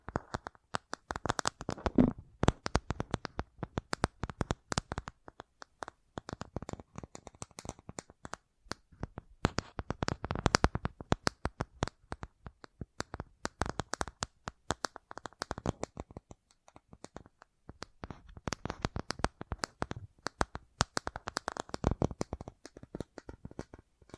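Rapid, irregular tapping runs the whole time in dense bursts of sharp clicks, with brief pauses around seven, sixteen and seventeen seconds.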